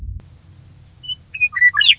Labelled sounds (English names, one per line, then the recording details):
Western Meadowlark
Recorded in Sonoma County, California